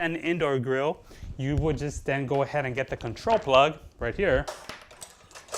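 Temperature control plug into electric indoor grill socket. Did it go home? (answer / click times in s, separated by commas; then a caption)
yes / 5.5 s. Someone talks as the detachable temperature-control plug is pushed into the socket on a Zojirushi indoor electric grill. A click is heard at 5.5 s as the plug seats in the socket.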